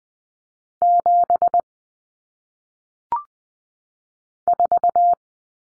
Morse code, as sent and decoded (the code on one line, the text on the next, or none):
--... / ....-
7 4